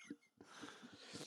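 Soft, irregular low gurgles in quick succession from an adult's abdomen: ordinary stomach rumbling, harmless bowel sounds from gas and fluid moving.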